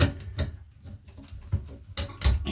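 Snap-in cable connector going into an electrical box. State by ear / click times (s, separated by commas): seated / 0.4 s, 2.0 s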